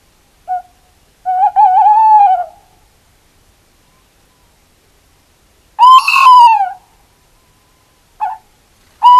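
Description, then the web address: Tawny owl calling with loud, harmonic-rich notes: a wavering drawn-out hoot, then a louder arched call, followed by short clipped notes. "earth naturelibrary assets t ta tawny owl"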